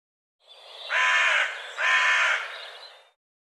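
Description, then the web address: Bird: corvid-like pair of long, harsh, hoarse caws, one right after the other. "cianscape birddata Deverinetal"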